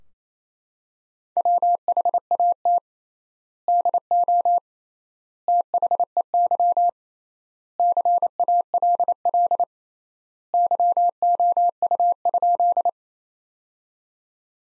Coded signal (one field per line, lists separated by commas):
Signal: Morse code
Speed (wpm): 28 wpm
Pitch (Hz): 700 Hz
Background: none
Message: WHAT DO THEY CALL YOU?